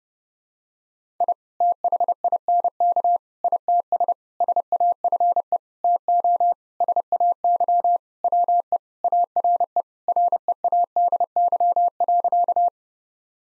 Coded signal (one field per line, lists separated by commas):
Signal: Morse code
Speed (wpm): 30 wpm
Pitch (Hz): 700 Hz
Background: none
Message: I THINK ITS SAFE TO SAY WE ARE READY.